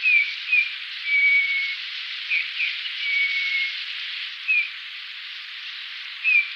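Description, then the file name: Eurasian bullfinch whistling: brief downslurred piping notes and two drawn-out even whistles, spaced irregularly against constant background hiss. "gimpel"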